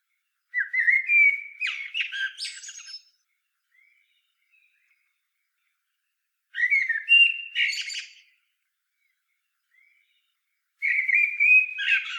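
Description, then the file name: Common blackbird song repeated three times with long pauses between, each phrase a rich warbled whistle followed by a thin, squeaky flourish. "Turdus merula"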